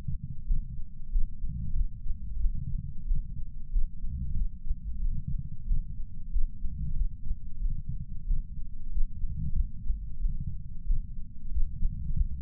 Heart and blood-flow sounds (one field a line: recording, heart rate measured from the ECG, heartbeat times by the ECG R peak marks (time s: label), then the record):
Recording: heart sounds by patch sensor on the chest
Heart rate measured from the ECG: 92 bpm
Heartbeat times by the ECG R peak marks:
0.45 s: heartbeat
1.10 s: heartbeat
1.74 s: heartbeat
2.39 s: heartbeat
3.05 s: heartbeat
3.70 s: heartbeat
4.34 s: heartbeat
5.00 s: heartbeat
5.65 s: heartbeat
6.30 s: heartbeat
6.94 s: heartbeat
7.60 s: heartbeat
8.25 s: heartbeat
8.89 s: heartbeat
9.53 s: heartbeat
10.19 s: heartbeat
10.84 s: heartbeat
11.49 s: heartbeat
12.14 s: heartbeat
From the record:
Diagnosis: coronary artery disease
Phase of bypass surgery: postoperative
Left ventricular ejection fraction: 63.7%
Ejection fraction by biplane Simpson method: 59.4%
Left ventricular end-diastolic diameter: 49 mm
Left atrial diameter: 35 mm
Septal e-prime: 7.3 cm/s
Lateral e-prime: 9.8 cm/s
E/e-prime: 7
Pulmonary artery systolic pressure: 20 mmHg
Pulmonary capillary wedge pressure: 4 mmHg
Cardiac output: 5.4 L/min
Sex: male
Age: 69 years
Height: 174 cm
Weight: 79 kg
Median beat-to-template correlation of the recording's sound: 0.69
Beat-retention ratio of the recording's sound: 1.00